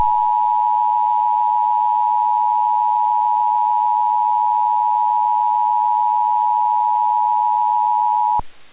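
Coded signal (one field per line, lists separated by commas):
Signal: Emergency Alert System (SAME) tones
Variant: 853 and 960 Hz attention tone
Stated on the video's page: Mock-up recreation of a 2008 Albany-area severe thunderstorm warning, with sounds edited in Adobe Audition and a recreated EASy Plus screen.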